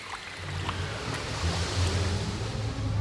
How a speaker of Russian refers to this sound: Какой ветер, туман, погода ужасная.